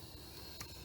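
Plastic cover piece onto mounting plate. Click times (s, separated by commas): 0.6 s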